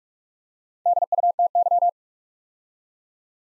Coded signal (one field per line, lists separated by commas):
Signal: Morse code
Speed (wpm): 44 wpm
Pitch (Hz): 700 Hz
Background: none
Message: DUTY